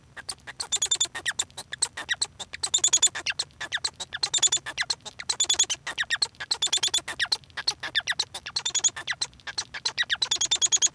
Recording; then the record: song of a male Bengalese finch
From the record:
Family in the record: son of father 1